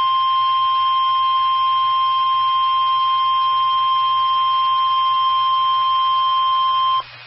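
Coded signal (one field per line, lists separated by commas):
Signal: Emergency Alert System (SAME) tones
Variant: 1050 Hz attention tone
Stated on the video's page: NOAA Weather Radio weekly test alerts.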